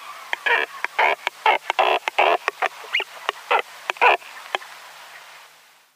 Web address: European Shag